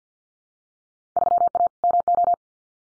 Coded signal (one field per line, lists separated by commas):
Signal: Morse code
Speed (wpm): 50 wpm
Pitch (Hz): 700 Hz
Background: none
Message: 3A MO